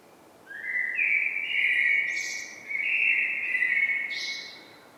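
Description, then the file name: Common blackbird delivering two fluted warbling phrases, each ending in a high, thin squeaky burst, separated by a short pause. "Turdus merula"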